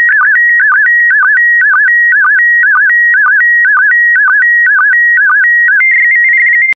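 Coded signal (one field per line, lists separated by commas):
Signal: SSTV (slow-scan television)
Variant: PD120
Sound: warbling tone around 1.5-1.9 kHz with a regular clicking rhythm about twice a second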